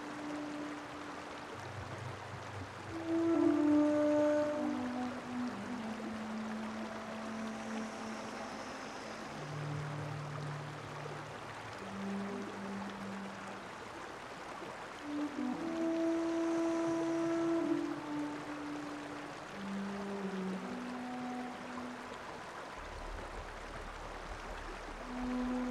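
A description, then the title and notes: A soft, steady watery hiss runs throughout like a gentle river, under slow, sustained low tones that glide and overlap like a breathy bass flute. Brighter electronic notes flicker above them, with two louder swells around four and sixteen seconds. The sounds of the Albanian Lengarica Canyon inspired me to create this piece where the gentle murmurs of the river intertwine harmoniously with the ethereal notes of a bass flute and electronic sounds, conjuring a tranquil ambiance. Lengarica Canyon reimagined by Carmen Terol.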